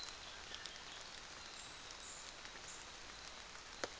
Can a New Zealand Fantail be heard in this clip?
yes